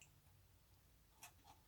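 The male plug of a printed circuit board cable is handled as it is pushed toward the female socket marked A on the base of an Iron Man model. Faint tapping and ticking handling sounds are heard over a low background hum, with brighter ticks near 1.2 and 1.5 seconds. Nothing has seated or clicked yet.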